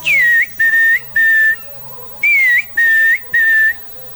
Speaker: este es un llamado del yellow-throated tucán, es un tucán de pecho amarillo.